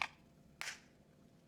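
A second replacement lens for 2013 Oakley Fives Squared OO9238 sunglasses is slid into the frame's grooves, and its two exposed corners are pushed in. Two sharp clicks sound at 0.0 s and 0.6 s as the lens snaps into the plastic frame and seats.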